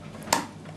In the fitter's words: we can push that down until it clicks into position